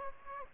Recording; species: mosquito wingbeat signal from an infrared sensor; Aedes aegypti